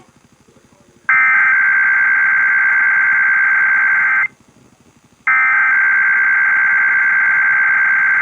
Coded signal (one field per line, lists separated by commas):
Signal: Emergency Alert System (SAME) tones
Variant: header bursts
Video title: IPAWS Weekly Test (7/26/21)(EAS 814)